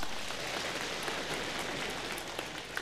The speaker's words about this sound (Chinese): 哎呀，真是给我的，太感动了，还是咱们北大的观众最好，因为我在外面演出就从来没人给我鼓过掌， 虽然今天到场的只有八九百位观众，但是我知道你们代表的是全国13亿人给我的掌声